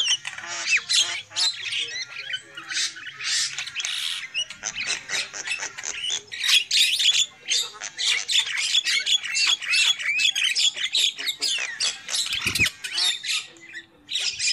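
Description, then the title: Lovebird chatter, continuous shrill squawks and chirps with short whistled notes, one dull thump near the end. Lure call used for trapping lovebirds. "PIKAT BURUNG LOVEBIRD"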